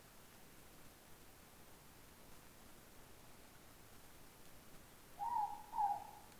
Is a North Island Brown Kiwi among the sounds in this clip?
no